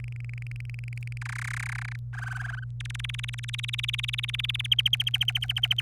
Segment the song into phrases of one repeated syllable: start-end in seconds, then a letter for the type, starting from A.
0.00-1.18 A, 1.21-1.96 B, 2.13-2.64 C, 2.80-4.67 D, 4.71-5.81 E